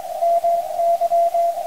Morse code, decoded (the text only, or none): MY